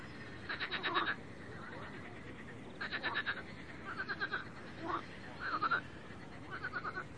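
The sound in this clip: Frogs calling: short trills of fast pulses and briefer croaking notes, in bursts every second or so.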